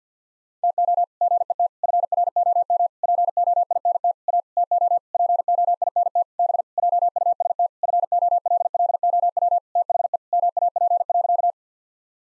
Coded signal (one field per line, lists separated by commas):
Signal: Morse code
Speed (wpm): 50 wpm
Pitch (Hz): 700 Hz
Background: none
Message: TO GET FROM POINT A TO POINT B JUST FOLLOW THE MAP.